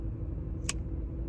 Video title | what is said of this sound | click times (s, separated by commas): Rough Ryder heavy forge trapper!! One of the most impressive RR ever! | a good snap there's a little grittiness to it but that'll work out | 0.7 s